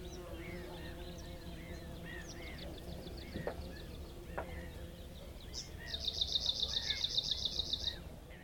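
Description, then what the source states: Arctic warbler song: a fast, dry, even trill of high buzzy notes lasting about two seconds near the end, after faint scattered calls of other birds and low background hum. Recorded at Karaga.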